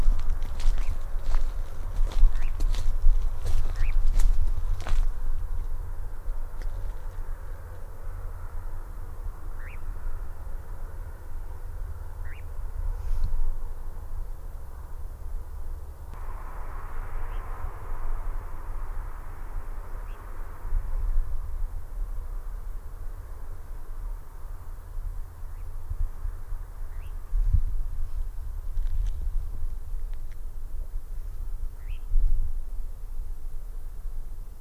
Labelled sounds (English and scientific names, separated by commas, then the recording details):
Eurasian Nightjar (Caprimulgus europaeus) flight call
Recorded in the wild
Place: Schönow, Naturpark Barnim, Brandenburg, DE
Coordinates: 52.6867, 13.5189
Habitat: heathland
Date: 2007-07-08 22:22
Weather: heiter, 13°C, fast windstill
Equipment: Sound Devices 702, Sennheiser MKH 416 T, Windkorb
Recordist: Frommolt, Karl-Heinz